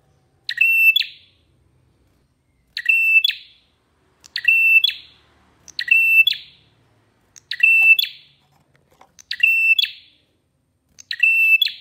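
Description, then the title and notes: Prinia repeating its song phrase, a clicky rattle with a level piercing note and sharp flourish, given about every two seconds against a quiet background. Long-duration prinia sound used as therapy and tutoring material (masteran) for songbirds. "Masteran Terapi Prenjak Durasi Panjang. Burung Prenjak"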